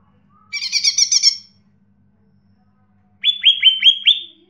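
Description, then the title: Leafbird song: one buzzy harsh chatter, a pause of nearly two seconds, then a fast run of descending slurred whistles. "CUCAK IJO"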